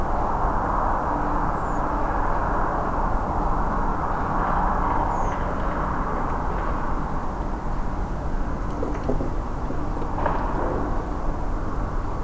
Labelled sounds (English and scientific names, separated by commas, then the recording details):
Redwing (Turdus iliacus)
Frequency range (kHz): Redwing (Turdus iliacus) 5.8-7.8 kHz
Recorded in France